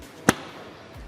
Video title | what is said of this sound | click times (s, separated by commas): รีวิวแนะนำการใช้งานรถ Triumph Tiger 900 RALLY Pro | ใส่บ่อหลังให้ตัวกลอนดังแป๊ก | 0.3 s